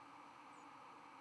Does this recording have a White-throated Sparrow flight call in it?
yes